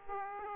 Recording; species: mosquito wingbeat signal from an infrared sensor; Aedes aegypti